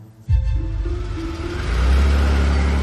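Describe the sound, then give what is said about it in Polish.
An Opel car engine starts up with a sudden low roar, then revs and rises in pitch as the car pulls away cautiously along a potholed road into a forest, growing louder with a deep rumbling drone toward the end. “Ruszyli i ostrożnie, wymijając dziury w drodze, zanurzyli się w lesie.”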